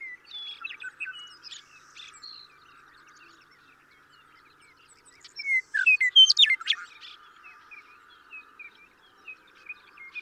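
Western meadowlark sings one loud phrase of fluty notes, with quieter notes before and after.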